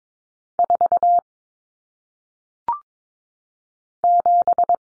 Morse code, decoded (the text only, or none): 4 7